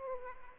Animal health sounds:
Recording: mosquito wingbeat signal from an infrared sensor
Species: Aedes aegypti

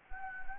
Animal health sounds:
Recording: mosquito wingbeat signal from an infrared sensor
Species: Anopheles gambiae

